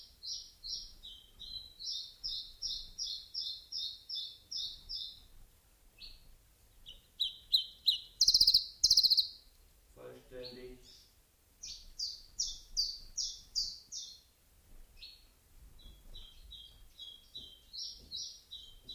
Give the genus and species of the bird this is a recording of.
Phylloscopus collybita